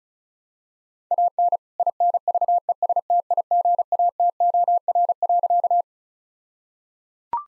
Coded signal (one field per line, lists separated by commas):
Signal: Morse code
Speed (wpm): 36 wpm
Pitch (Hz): 700 Hz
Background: none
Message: AN INVESTIGATOR.